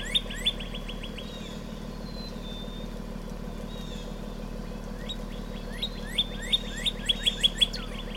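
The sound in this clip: Northern Cardinal song: a few sharp whistled notes, a gap, then an evenly spaced run of loud repeated notes over a constant low hum.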